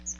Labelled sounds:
Chestnut-sided Warbler (Setophaga pensylvanica) flight call

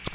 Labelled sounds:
American Redstart (Setophaga ruticilla) flight call

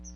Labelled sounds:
Chestnut-sided Warbler (Setophaga pensylvanica) flight call

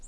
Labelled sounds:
Colima Warbler (Leiothlypis crissalis) flight call

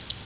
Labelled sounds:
Canada Warbler (Cardellina canadensis) flight call

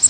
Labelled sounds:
Bay-breasted Warbler (Setophaga castanea) flight call

